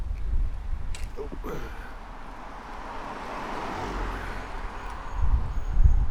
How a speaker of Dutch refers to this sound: Dat was een zo'n ding, zo'n grote neus, een auto. Mustang, een Ford Mustang reed daar voorbij.